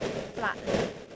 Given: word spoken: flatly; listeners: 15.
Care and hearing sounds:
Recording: one English word in noise, from a listening test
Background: noise modulated by three-talker babble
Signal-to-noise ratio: -3.5 dB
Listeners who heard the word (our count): 0 of 15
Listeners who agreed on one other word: 6 of 15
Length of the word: 0.76 s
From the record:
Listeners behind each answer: 6, 4, 1, 1, 1, 1, 1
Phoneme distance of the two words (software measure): 34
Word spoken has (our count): 2 syllables, 6 phonemes, stress on syllable 1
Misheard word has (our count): 1 syllable, 4 phonemes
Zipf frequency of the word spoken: 2.56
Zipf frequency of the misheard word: 5.26

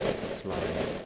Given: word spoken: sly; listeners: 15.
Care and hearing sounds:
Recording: one English word in noise, from a listening test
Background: noise modulated by three-talker babble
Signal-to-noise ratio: -6.2 dB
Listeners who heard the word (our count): 6 of 15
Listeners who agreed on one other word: 6 of 15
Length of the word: 0.66 s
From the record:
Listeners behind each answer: 6, 6, 2, 1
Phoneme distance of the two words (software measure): 7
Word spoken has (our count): 1 syllable, 3 phonemes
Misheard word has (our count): 1 syllable, 4 phonemes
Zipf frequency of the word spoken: 3.25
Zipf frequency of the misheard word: 3.57

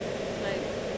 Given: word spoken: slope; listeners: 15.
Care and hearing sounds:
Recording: one English word in noise, from a listening test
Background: speech-shaped noise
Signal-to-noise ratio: -6.4 dB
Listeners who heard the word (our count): 1 of 15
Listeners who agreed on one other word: 7 of 15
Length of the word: 0.58 s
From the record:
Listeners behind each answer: 7, 3, 1, 1, 1, 1, 1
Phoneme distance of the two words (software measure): 20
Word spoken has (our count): 1 syllable, 4 phonemes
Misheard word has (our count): 1 syllable, 4 phonemes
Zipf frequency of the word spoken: 3.88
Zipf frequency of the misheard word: 3.43

